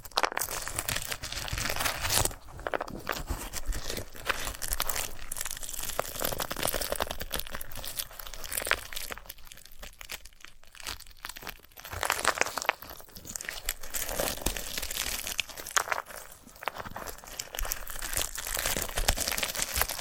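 Dry crinkling and crunching of a sunflower head, dense and irregular, with brief quieter stretches around ten seconds and sharp crackly bursts throughout.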